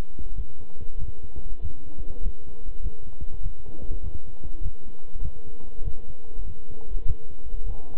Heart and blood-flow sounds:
heart sounds by stethoscope; between the tricuspid and mitral areas; 99 bpm
0.34 s: heartbeat
0.97 s: heartbeat
1.60 s: heartbeat
2.20 s: heartbeat
2.80 s: heartbeat
3.41 s: heartbeat
4.01 s: heartbeat
4.61 s: heartbeat
5.20 s: heartbeat
5.82 s: heartbeat
6.44 s: heartbeat
7.04 s: heartbeat
7.64 s: heartbeat
From the record:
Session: walking at 3.7 km/h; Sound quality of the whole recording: good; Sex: male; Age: 26 years

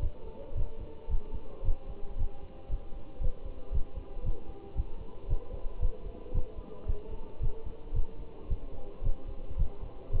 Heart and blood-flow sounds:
heart sounds by stethoscope; between the tricuspid and mitral areas; 113 bpm
0.02 s: heartbeat
0.57 s: heartbeat
1.10 s: heartbeat
1.65 s: heartbeat
2.19 s: heartbeat
2.71 s: heartbeat
3.22 s: heartbeat
3.73 s: heartbeat
4.25 s: heartbeat
4.77 s: heartbeat
5.30 s: heartbeat
5.82 s: heartbeat
6.35 s: heartbeat
6.88 s: heartbeat
7.42 s: heartbeat
7.95 s: heartbeat
8.50 s: heartbeat
9.05 s: heartbeat
9.59 s: heartbeat
10.13 s: heartbeat
From the record:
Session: Bruce protocol treadmill stress test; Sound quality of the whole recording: good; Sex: male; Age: 25 years

